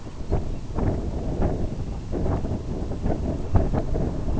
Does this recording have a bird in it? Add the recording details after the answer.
yes. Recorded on Arctic tundra, site IGLO-B, on 27 June 2018. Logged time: 05:59